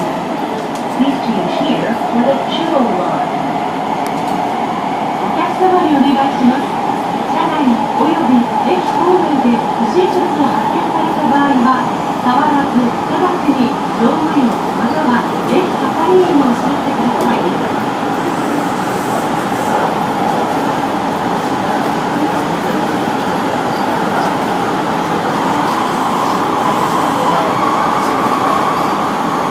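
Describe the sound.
Osaka subway Imazatosuji line running, a steady rumbling drone with a humming tone, wavering motor whine and faint murmured voices throughout.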